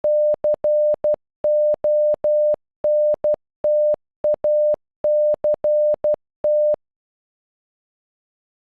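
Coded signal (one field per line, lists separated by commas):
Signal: Morse code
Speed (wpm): 12 wpm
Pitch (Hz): 600 Hz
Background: none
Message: CONTACT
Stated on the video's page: The word "Contact" in Morse, generated by an online converter with audio playback.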